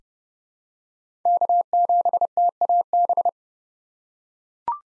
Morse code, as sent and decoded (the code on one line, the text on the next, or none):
-.- --... - .- -...
K7TAB